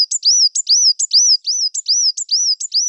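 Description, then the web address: Coal tit repeating a high, thin two-note phrase. A sharp note drops into a slurred whistle, about seven times in three seconds, with no other sounds. "Parus ater"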